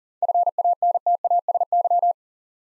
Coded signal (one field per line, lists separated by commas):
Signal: Morse code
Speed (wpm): 38 wpm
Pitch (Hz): 700 Hz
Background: none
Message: FANTASY